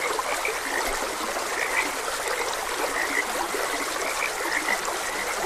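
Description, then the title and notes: Frogs producing a steady mass of short croaking and chirping calls, several standing out briefly, over continuous trickling stream noise. Frogs croaking beside a gentle stream. "Frogs Croaking. Sleep and Relaxation Podcast"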